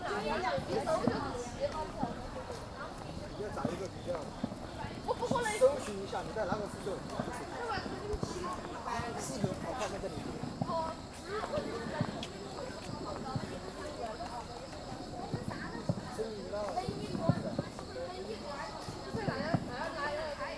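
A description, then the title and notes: New students arriving at a technical college: a steady, dense crowd of overlapping voices talking throughout the whole stretch, with no quiet gaps. Scattered clacking and knocking sounds, like footsteps or luggage wheels, punctuate the chatter, and a faint high hiss runs underneath. 绵阳职业技术学院，我录到了新生入校的一些声音. At the Mianyang Technical College I recorded the sound of the new students.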